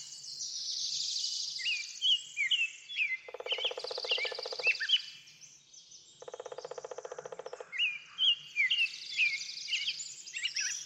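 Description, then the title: Birdsong, mixed chirps and whistled slurs, with two bursts of a lower rapid buzzy rattle in between. Backyard bird sounds. "Backyard Birds - Ambient Nature Bird Sounds"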